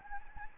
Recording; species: mosquito wingbeat signal from an infrared sensor; Anopheles gambiae